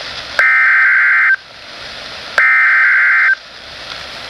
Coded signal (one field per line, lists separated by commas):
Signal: Emergency Alert System (SAME) tones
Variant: header bursts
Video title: YOUTUBE FIRST!! Required Weekly Test from NWS Key West, Florida! (EAS #1,481)